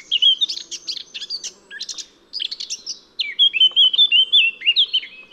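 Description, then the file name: Eurasian blackcap song: busy twittering warbles followed by a series of loud, pure, flute-like whistles. "Sylvia atricapilla"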